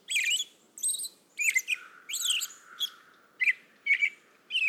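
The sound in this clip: American robin singing short whistled, warbling phrases repeated with brief pauses in between; little else audible.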